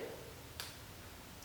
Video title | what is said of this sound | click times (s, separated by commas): *NEW* Lakme Absolute Argan Oil Lip Colour Review And Swatches - All Shades | did you here it so once it pops out it makes a click and once it goes back inside completely it makes a click | 0.6 s